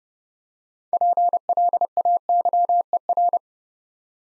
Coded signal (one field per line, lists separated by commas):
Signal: Morse code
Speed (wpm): 29 wpm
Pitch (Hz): 700 Hz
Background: none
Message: PLAYER